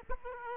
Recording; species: mosquito wingbeat signal from an infrared sensor; Aedes aegypti